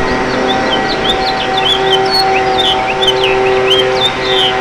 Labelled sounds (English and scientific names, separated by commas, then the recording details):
House Finch (Haemorhous mexicanus) song
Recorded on Long Island, New York, on 8 June 2012
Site MB
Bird C